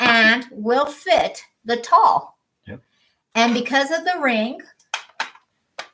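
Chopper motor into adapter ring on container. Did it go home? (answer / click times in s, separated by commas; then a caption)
yes / 4.9 s. Someone talks while the plastic motor unit of a food chopper is pushed into its ring adapter on the container. A sharp click at 4.9 s marks the motor snapping into the ring, followed by a few more short clicks. The motor is seated in place.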